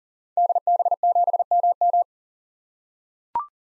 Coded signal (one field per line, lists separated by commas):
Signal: Morse code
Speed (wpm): 40 wpm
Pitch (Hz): 700 Hz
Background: none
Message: DB7MM